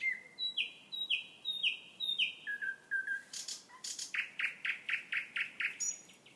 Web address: rossignol chant de rossignol a star city